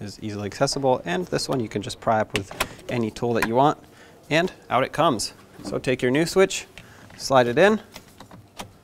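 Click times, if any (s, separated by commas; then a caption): none. A new fog light switch for a 2004–2015 Nissan Titan is handled and slid into the plastic steering column trim panel after the old switch is pried out with a tool. Someone talks throughout, and a few faint, short taps come near the end. Nothing has seated or clicked yet.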